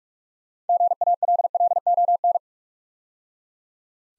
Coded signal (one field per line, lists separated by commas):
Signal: Morse code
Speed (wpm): 46 wpm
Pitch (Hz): 700 Hz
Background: none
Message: GALLON